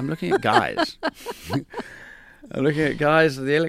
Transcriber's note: soundbite of laughter